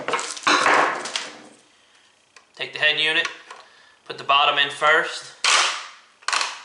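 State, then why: Seated. Someone talks while a Garmin Striker 4 portable fish finder head unit (display) is set bottom edge first into its plastic mount cradle and pushed back. A sharp snap at 6.3 s marks the unit latching and seating in the mount.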